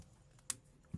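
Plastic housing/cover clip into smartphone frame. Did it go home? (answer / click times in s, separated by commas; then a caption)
yes / 0.5 s. A plastic housing or cover clip is pressed into the frame of an Oppo A37 smartphone. A sharp click sounds at 0.5 s, confirming the clip has seated, with a small tick just before it and a low thump near the end.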